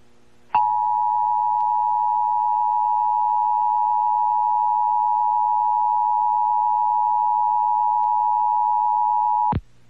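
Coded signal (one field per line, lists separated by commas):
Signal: Emergency Alert System (SAME) tones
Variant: 853 and 960 Hz attention tone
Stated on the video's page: Required Monthly Test from Albany, NY.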